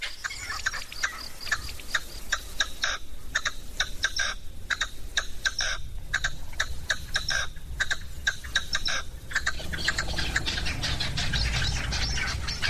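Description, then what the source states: Red-legged Partridge calling with rapid, harsh clucking notes in uneven runs, steady chatter throughout, with a low rumbling background. Red-legged partridge calling from a stone pile in a dehesa of the Campiña Sur, in spring.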